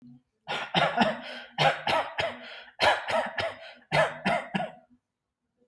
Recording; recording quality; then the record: shallow voluntary cough; excellent, no background noise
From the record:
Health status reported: healthy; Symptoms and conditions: none ticked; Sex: male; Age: 30 years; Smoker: not ticked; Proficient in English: yes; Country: India